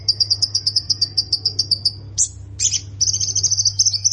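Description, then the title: Plain prinia song: a fast, even run of high pulsed notes, a brief harsh break, then a rapid trill resuming, with a low hum beneath. "Ciblek Sawah"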